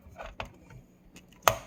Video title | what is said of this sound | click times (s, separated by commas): Azza Hurricane II Fans, Gamdias Kratos PSU & Crucial M.2 NVME | There we are. Clicked back in. | 1.5 s